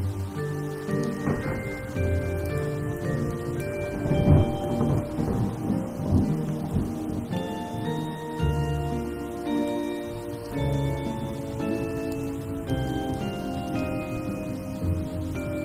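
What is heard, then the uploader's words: A soundtrack-style piece plays over rain, with long sustained bell-like tones layered in slowly shifting chords. Deep rumbling swells rise around four to six seconds and again near eight and fifteen, while a soft steady hiss of rain runs throughout. Original sound tracks with rain.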